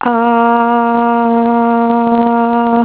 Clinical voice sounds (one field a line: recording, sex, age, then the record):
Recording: sustained vowel /a/ by telephone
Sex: female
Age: 18 to 19 years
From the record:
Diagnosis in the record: healthy control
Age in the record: 18 years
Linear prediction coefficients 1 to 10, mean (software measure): 1.94, -1.40, 0.27, -0.12, 0.39, -0.15, -0.27, 0.22, 0.05, -0.11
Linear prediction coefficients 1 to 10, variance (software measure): 0.073, 0.314, 0.287, 0.152, 0.122, 0.062, 0.033, 0.075, 0.036, 0.004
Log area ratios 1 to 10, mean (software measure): -2.72, 2.33, -0.95, -0.11, 0.07, 0.36, -0.12, -0.07, 0.33, 0.22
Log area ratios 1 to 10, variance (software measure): 0.116, 0.062, 0.215, 0.111, 0.036, 0.050, 0.095, 0.025, 0.048, 0.018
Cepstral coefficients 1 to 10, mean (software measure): 1.94, 0.52, -0.02, -0.32, -0.13, 0.10, -0.02, -0.03, 0.03, -0.02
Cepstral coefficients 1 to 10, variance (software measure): 0.073, 0.038, 0.010, 0.020, 0.004, 0.011, 0.004, 0.002, 0.001, 0.001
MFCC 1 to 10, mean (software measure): -3.19, 2.05, -0.76, -0.49, 0.32, 0.20, -0.13, 0.25, -0.34, -0.52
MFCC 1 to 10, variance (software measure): 0.182, 0.066, 0.082, 0.029, 0.032, 0.029, 0.045, 0.037, 0.020, 0.016